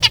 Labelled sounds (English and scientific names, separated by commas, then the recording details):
Zebra Finch (Taeniopygia guttata) hat call
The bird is a male
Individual mal1